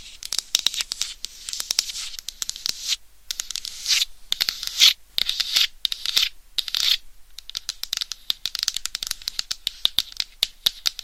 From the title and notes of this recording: ASMR Binaural Mic Scratching & Tapping for 100% SLEEP No Talking with Long Nails.